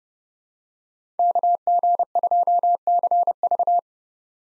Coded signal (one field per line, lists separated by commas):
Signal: Morse code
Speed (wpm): 32 wpm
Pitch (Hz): 700 Hz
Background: none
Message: KG2CV